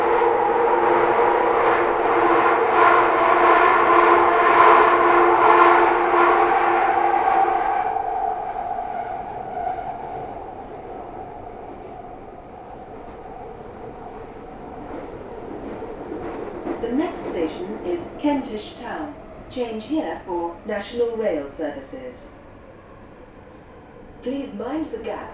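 An empty Underground train roars and whines steadily for eight seconds, then quiets to a low rumble as a voice speaks intermittently.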